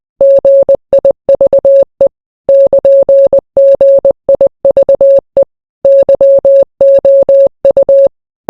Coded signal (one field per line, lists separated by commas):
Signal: Morse code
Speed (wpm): 20 wpm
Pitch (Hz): 550 Hz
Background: none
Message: GIVE <KN>GIVE YOU